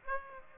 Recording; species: mosquito wingbeat signal from an infrared sensor; Aedes aegypti